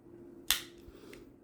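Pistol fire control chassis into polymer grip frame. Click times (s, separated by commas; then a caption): 0.5 s. A pistol fire control chassis is pressed down at a 45-degree angle into a polymer grip frame during reassembly of a 9mm Masada. It gives a sharp, bright click at 0.5 s, with a fainter tick about 1.1 s. The chassis is seated in the frame.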